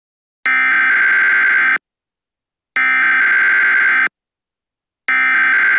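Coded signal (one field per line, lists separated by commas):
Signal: Emergency Alert System (SAME) tones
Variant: header bursts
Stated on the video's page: Fictional EAS scenario.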